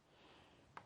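A new Bluetooth module board is pressed into its plastic mount inside the back of an LG 84-inch Ultra HD TV during a board upgrade. After a low, steady background hiss, a single sharp snap is heard at 0.8 s. The module is seated firmly in place.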